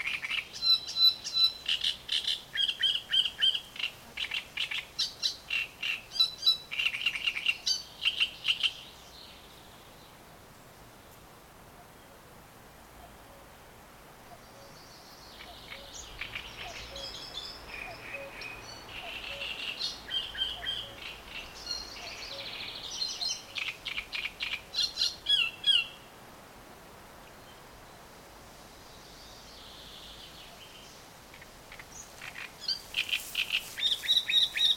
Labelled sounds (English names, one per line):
Great Reed Warbler